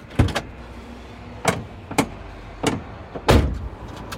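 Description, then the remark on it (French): Inside the cab of a Renault T truck (44-tonne maximum gross weight), a series of five sharp, loud clunks and thuds lands at irregular intervals, like a door and fittings being handled, over a faint low mechanical hum. “On est à bord de quel type de camion, … ? Alors, c'est un Renault T.”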